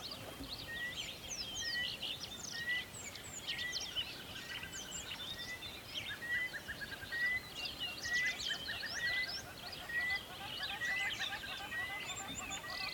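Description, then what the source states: Birds chirping, one giving a short clear whistle repeated roughly every second, while others twitter and trill around it over a rushing background. Recorded near a river.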